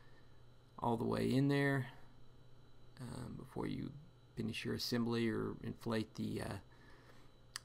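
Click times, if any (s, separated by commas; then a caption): 7.6 s. An air spring assembly is pushed one-handed into the air chamber of a Fox 36 suspension fork stanchion during an air spring swap to increase travel, and someone talks throughout. At 7.6 s a single sharp click is heard as the assembly's retaining ring snaps into its groove, seating the assembly all the way in.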